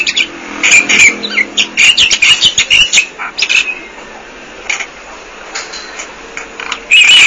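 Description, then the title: Bali myna giving harsh, scratchy chattering calls in quick bursts, with a few short squeaky notes mixed in, then a louder rasping burst at the end. "Jalak Bali"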